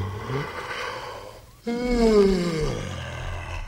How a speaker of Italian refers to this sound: Avete sicuramente indovinato, voglio parlarvi dello sbadiglio e direi di metterci subito alla prova, di vedere quanto è contagioso. Proviamo a fare una verifica, proviamo a sbadigliare.